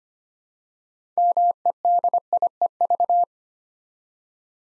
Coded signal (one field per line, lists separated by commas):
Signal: Morse code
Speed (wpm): 25 wpm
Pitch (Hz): 700 Hz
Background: none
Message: MEDIEV